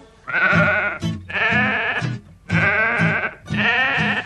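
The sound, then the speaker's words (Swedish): Sheep and a lamb, walking along a road in the countryside, bleat four times in a row, each call long, loud and quavering, with brief pauses between. No one speaks. “Ute på landet går fåret och lammet. Fåret och lammet framåt på vägen.”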